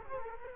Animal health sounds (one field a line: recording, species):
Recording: mosquito wingbeat signal from an infrared sensor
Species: Culex quinquefasciatus